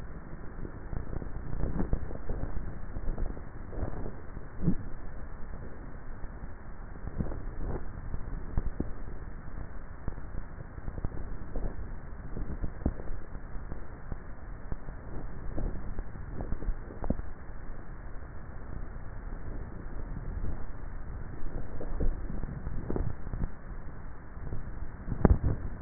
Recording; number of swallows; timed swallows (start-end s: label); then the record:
swallowing sounds by neck microphone; 6
2.32-3.15 s: swallow
7.62-8.48 s: swallow
11.55-12.42 s: swallow
15.55-16.48 s: swallow
20.42-21.38 s: swallow
22.85-23.45 s: swallow
From the record:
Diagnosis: dysphagia